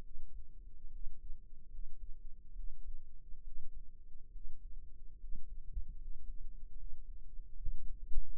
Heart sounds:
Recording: heart sounds by microphone in the right ear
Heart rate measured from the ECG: 72 bpm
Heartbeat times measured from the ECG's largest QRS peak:
0.03 s: heartbeat
0.92 s: heartbeat
1.71 s: heartbeat
2.56 s: heartbeat
3.44 s: heartbeat
4.32 s: heartbeat
5.20 s: heartbeat
5.97 s: heartbeat
6.77 s: heartbeat
7.57 s: heartbeat
From the record:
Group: healthy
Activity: rest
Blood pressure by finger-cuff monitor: 116/60 mmHg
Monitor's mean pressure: 77 mmHg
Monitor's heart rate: 68 bpm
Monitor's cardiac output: 7.9 L/min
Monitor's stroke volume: 111 mL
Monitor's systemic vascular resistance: 730 dyn s/cm5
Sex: male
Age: 22 years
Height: 181 cm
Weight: 79 kg

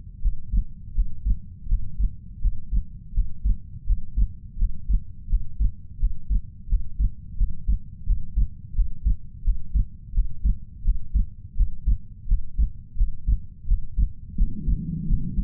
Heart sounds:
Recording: heart sounds by stethoscope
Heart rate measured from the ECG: 85 bpm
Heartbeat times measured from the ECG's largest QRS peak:
0.21 s: heartbeat
0.94 s: heartbeat
1.67 s: heartbeat
2.40 s: heartbeat
3.13 s: heartbeat
3.86 s: heartbeat
4.58 s: heartbeat
5.28 s: heartbeat
5.99 s: heartbeat
6.68 s: heartbeat
7.37 s: heartbeat
8.05 s: heartbeat
8.74 s: heartbeat
9.43 s: heartbeat
10.13 s: heartbeat
10.84 s: heartbeat
11.56 s: heartbeat
12.27 s: heartbeat
12.96 s: heartbeat
13.67 s: heartbeat
14.36 s: heartbeat
15.07 s: heartbeat
From the record:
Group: healthy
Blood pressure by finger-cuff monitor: 110/69 mmHg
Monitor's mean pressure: 80 mmHg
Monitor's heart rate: 84 bpm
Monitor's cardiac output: 7.1 L/min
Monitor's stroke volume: 85 mL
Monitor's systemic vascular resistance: 800 dyn s/cm5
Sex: male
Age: 33 years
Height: 179 cm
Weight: 80.4 kg

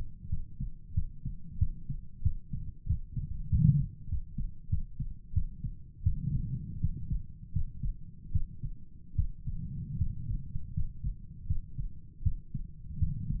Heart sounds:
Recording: heart sounds by stethoscope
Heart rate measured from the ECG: 85 bpm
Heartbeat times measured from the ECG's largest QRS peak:
0.30 s: heartbeat
0.94 s: heartbeat
1.59 s: heartbeat
2.23 s: heartbeat
2.87 s: heartbeat
3.50 s: heartbeat
4.09 s: heartbeat
4.70 s: heartbeat
5.34 s: heartbeat
6.03 s: heartbeat
6.81 s: heartbeat
7.53 s: heartbeat
8.32 s: heartbeat
9.15 s: heartbeat
9.98 s: heartbeat
10.74 s: heartbeat
11.47 s: heartbeat
12.23 s: heartbeat
12.99 s: heartbeat
From the record:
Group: healthy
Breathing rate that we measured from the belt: 18 breaths a minute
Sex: male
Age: 35 years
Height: 178 cm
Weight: 64 kg

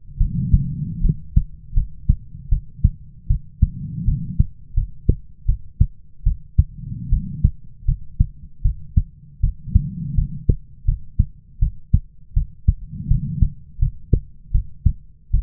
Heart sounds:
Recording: heart sounds by stethoscope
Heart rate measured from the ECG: 79 bpm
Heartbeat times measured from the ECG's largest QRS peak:
0.18 s: heartbeat
1.01 s: heartbeat
1.74 s: heartbeat
2.49 s: heartbeat
3.27 s: heartbeat
4.05 s: heartbeat
4.74 s: heartbeat
5.46 s: heartbeat
6.24 s: heartbeat
7.10 s: heartbeat
7.86 s: heartbeat
8.62 s: heartbeat
9.41 s: heartbeat
10.15 s: heartbeat
10.85 s: heartbeat
11.59 s: heartbeat
12.34 s: heartbeat
13.08 s: heartbeat
13.79 s: heartbeat
14.52 s: heartbeat
15.31 s: heartbeat
From the record:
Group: healthy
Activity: rest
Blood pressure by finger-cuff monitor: 111/75 mmHg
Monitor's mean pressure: 88 mmHg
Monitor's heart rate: 80 bpm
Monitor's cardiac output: 6.4 L/min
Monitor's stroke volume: 81 mL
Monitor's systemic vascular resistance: 1020 dyn s/cm5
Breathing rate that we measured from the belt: 20 breaths a minute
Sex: female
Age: 22 years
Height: 157 cm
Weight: 47.6 kg

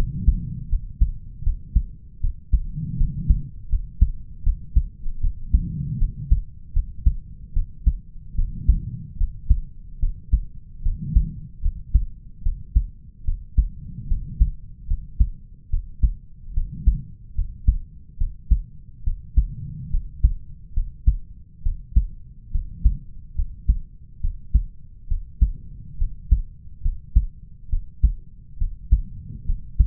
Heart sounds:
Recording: heart sounds by stethoscope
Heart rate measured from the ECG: 73 bpm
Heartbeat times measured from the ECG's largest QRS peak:
0.69 s: heartbeat
1.43 s: heartbeat
2.20 s: heartbeat
2.97 s: heartbeat
3.69 s: heartbeat
4.43 s: heartbeat
5.20 s: heartbeat
5.98 s: heartbeat
6.73 s: heartbeat
7.53 s: heartbeat
8.35 s: heartbeat
9.17 s: heartbeat
9.99 s: heartbeat
10.82 s: heartbeat
11.61 s: heartbeat
12.42 s: heartbeat
13.24 s: heartbeat
14.07 s: heartbeat
14.87 s: heartbeat
15.69 s: heartbeat
16.53 s: heartbeat
17.34 s: heartbeat
18.17 s: heartbeat
19.03 s: heartbeat
19.90 s: heartbeat
20.73 s: heartbeat
21.62 s: heartbeat
22.51 s: heartbeat
23.35 s: heartbeat
24.20 s: heartbeat
25.07 s: heartbeat
25.97 s: heartbeat
26.81 s: heartbeat
27.69 s: heartbeat
28.57 s: heartbeat
29.45 s: heartbeat
From the record:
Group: healthy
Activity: rest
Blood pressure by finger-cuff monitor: 95/74 mmHg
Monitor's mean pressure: 78 mmHg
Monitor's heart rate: 72 bpm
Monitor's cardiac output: 5 L/min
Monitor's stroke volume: 68 mL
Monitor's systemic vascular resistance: 1160 dyn s/cm5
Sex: male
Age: 20 years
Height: 187 cm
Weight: 68.9 kg

